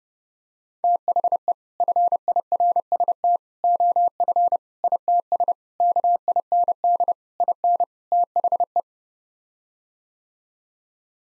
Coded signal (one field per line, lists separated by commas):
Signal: Morse code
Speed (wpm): 32 wpm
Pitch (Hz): 700 Hz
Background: none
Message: THE FIRST OF ITS KIND IN THE